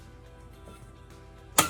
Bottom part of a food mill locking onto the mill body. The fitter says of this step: and then twist to get it to snap into place. Okay.